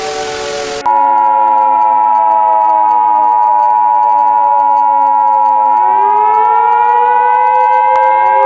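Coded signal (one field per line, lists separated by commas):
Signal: Emergency Alert System (SAME) tones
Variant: 853 and 960 Hz attention tone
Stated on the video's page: Mock EAS scenario, a simulated alien arrival alert.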